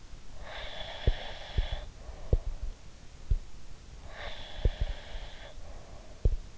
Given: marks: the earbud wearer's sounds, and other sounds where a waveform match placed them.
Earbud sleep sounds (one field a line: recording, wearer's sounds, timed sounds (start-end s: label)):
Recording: sounds in sleep by an in-ear microphone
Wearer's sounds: breath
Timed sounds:
0.36-2.57 s: breath
4.11-6.18 s: breath
4.43-6.57 s: sound from someone else or the room